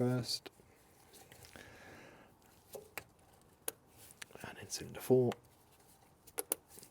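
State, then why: Seated. Someone talks while pushing the ignition lead boot for cylinder four onto the spark plug terminal of a supercharged John Cooper Works Mini Cooper S (R53). Rustling and small taps lead up to two sharp clicks at 6.4 and 6.5 seconds as the boot seats firmly on the plug.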